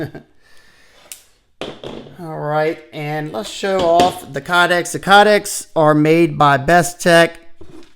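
Someone talks while handling a BMKT Field Spec EDC1 fixed-blade knife and its kydex sheath, with a few brief taps and knocks early on. The blade has not yet seated, and nothing has clicked into the sheath.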